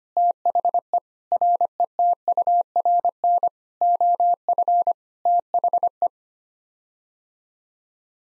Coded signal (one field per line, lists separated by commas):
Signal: Morse code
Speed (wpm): 25 wpm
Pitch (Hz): 700 Hz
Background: none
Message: THE RETURN OF THE